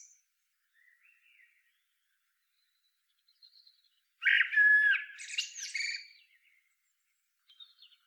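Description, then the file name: Eurasian blackbird singing one short phrase of warbled whistles followed by a scratchy, twittering ending, with a few faint soft notes before and after. "Turdus merula"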